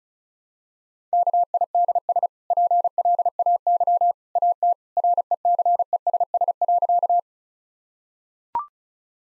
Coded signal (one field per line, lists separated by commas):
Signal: Morse code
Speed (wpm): 36 wpm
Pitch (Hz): 700 Hz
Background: none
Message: KIDS PLAY AT RECESS.